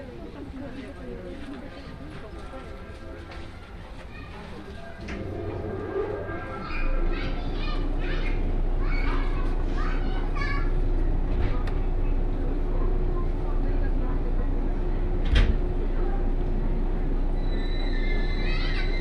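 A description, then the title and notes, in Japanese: A ride aboard a 117 series local train on the Kosei Line, from Kyoto toward Ono. Voices chatter over a steady low rumble that grows louder and denser after about five seconds, with a sharp clack near fifteen seconds and a high whine toward the end. 湖西線普通 京都→小野 117系。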